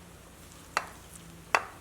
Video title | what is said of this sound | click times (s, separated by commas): 19 hp Briggs and Stratton camshaft replacement - How to | There was the click. It was faint. I'm going to do it again. | 1.6 s